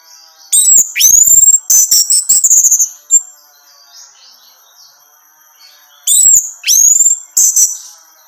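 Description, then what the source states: Orange-headed thrush song: loud, shrill whistled phrases with sharp downslurred notes in two bursts, separated by about three seconds of quiet. Female; recording meant for therapy or training.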